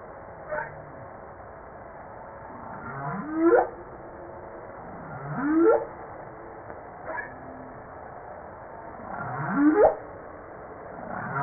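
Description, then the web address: Humpback whale song of upswept whoops, each rising quickly, with fainter calls between, over a low background hiss. Recorded 5 March 1994. "PMahe Voile'Ocean 940305 HUMPBACK"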